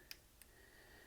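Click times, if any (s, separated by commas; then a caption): 0.1 s, 0.4 s. Plastic knee tabs on the legs of a Transformers Studio Series 86 Leader Grimlock toy robot are pushed into the front sockets of the legs. Two short, sharp clicks sound at 0.1 s and 0.4 s over a quiet background, and the tabs seat, though they don't hold well.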